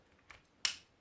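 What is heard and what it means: The plastic upper housing of a Razer Imperator computer mouse is pried off during disassembly for a cable replacement. A faint click at 0.3 s is followed by a sharp, bright snap at 0.7 s as its plastic retaining clips let go. The top shell is released with the clips unbroken.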